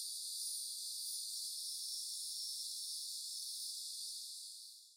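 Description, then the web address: Cicada chorus as a high steady buzz that dies away in the last second. Cicadas isolated from forest ambience; upland hardwoods, Green Mountain, Central Florida. "FOREST AMBIENCE 1 CENTRAL FLORIDA Upland Hardwoods Green Mountain Nature Forest Cicadas Isolated"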